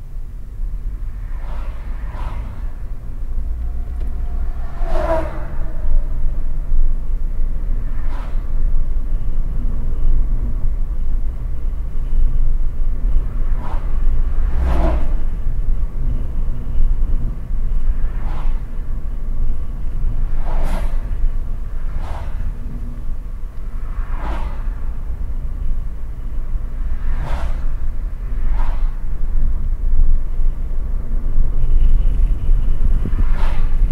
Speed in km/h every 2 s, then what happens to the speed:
34, 38, 44, 50, 54, 57, 59, 59, 60, 53, 49, 47, 47, 55, 57, 59, 59.
0-12 speeds up to 59. 16-23 slows to 47. 25-27 speeds up to 57. 27-34 steady at about 59.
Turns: none.